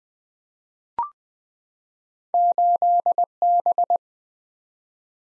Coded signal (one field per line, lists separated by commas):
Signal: Morse code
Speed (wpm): 20 wpm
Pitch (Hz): 700 Hz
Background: none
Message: 8B